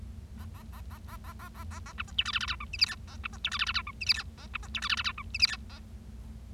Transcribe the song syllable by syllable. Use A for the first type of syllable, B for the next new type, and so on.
A A A A A A A A A A B C D E F F G H I J K A B C D E F F G H I J K A B C D E F F G H I J K A